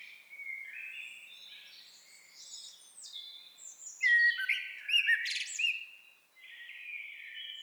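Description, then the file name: Common blackbird singing a warbled, twittering phrase with sharp high squeaks in the middle. "Turdus merula"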